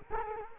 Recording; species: mosquito wingbeat signal from an infrared sensor; Culex quinquefasciatus